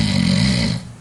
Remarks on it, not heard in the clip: We're actually watching someone snoring during sleep. Nice, good snore.